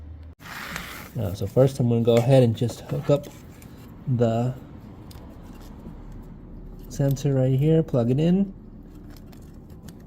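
A wire harness connector is handled as it is brought to the water level/pressure sensor of a GE dishwasher being repaired for an "H20" error. Someone talks over faint handling noises and a few brief small ticks. Nothing has seated or clicked yet.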